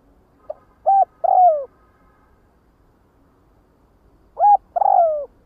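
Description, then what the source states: Spotted dove producing two coo phrases, each a short clipped note leading into a longer, drooping coo, with a pause of a few seconds between them. Calling the flock.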